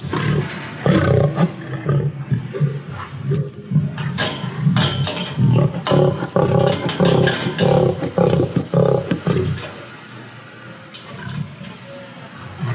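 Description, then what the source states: African lions giving harsh, low growling roars in repeated bursts, quieter toward the end. Captive lions at a zoo at early morning feeding time.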